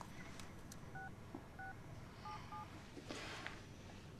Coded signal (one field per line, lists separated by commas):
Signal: DTMF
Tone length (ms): 140 ms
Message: 6677